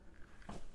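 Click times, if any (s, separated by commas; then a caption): none. A swivel seat in a VW T5 Multivan's passenger compartment is rotated on its floor-mounted rotation lock toward the reversed, backward-facing position, with short handling knocks around 0.4 and 0.5 s. The clip ends before the seat goes home; nothing has latched or clicked yet.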